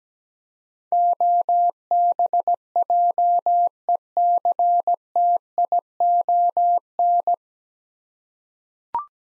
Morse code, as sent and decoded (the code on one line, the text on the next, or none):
--- -... .--- . -.-. - .. --- -.
OBJECTION